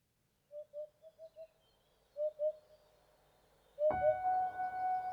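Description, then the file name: Owl hoots, a run of soft short notes at even pitch in two brief bursts, then a sudden louder tonal sound with harsh noise cuts in at the end. "Owl Hooting"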